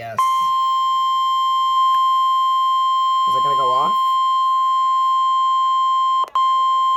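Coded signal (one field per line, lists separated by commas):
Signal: Emergency Alert System (SAME) tones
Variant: 1050 Hz attention tone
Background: speech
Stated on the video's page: Required Weekly Test received on NOAA Weather Radio and TV.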